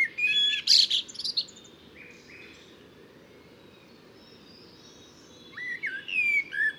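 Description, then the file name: Eurasian blackbird song: a phrase of fluted notes with shrill high twittering, a long near-silent gap with faint notes, then another fluted warbling phrase. "Turdus merula"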